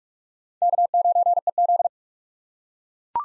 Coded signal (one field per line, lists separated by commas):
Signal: Morse code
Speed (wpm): 42 wpm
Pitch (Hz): 700 Hz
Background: none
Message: K9EZ